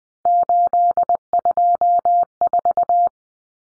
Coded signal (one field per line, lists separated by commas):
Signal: Morse code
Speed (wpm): 20 wpm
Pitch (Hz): 700 Hz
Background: none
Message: 824